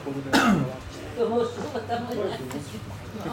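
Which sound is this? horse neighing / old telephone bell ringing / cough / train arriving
cough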